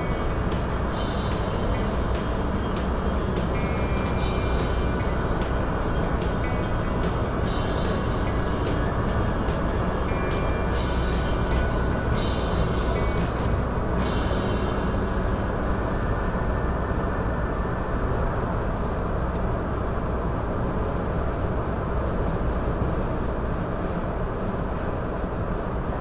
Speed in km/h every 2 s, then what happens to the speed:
110, 109, 109, 109, 109, 109, 109, 109, 110, 110, 110, 109, 105.
0-20 steady at about 109.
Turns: none.